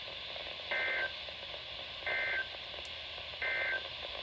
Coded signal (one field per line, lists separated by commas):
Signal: Emergency Alert System (SAME) tones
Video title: My 100th video EAS#385 -395 from 11/29/20 - 12-2-20